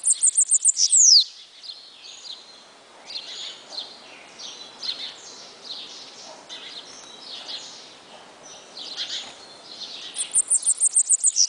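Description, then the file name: Bananaquit song: a high, fast series of sharp ticks ending in a quick descending sweep, then softer chirps, before the ticking series starts again. "Cambacica"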